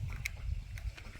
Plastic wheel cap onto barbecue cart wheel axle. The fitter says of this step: a plastic cap that snaps in place here